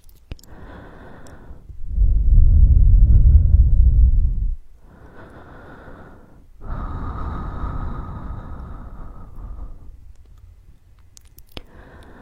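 Soft, no-voice ear massage: rubbing and pressing sounds come in long swells, a deep muffled rumble from about 2 to 4.5 seconds and again from 6.5 to 10 seconds. Between them are lighter, airy brushing strokes, with a few faint sharp ticks near the end.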